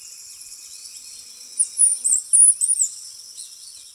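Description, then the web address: Chestnut-capped brush-finch song: one brief phrase of high, thin, rapidly slurred notes, with a constant high buzzing drone behind. Ecuador. "Birds of Ecuador. Chestnut-Capped Brush-Finch"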